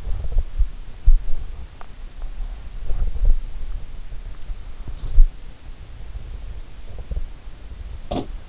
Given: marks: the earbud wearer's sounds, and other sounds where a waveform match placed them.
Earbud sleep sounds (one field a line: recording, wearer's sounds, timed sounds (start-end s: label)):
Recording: sounds in sleep by an in-ear microphone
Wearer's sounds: teeth grinding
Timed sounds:
0.00-0.49 s: teeth grinding
1.76-1.89 s: teeth grinding
2.83-3.40 s: teeth grinding
4.72-5.28 s: teeth grinding
6.88-7.29 s: teeth grinding
8.09-8.31 s: teeth grinding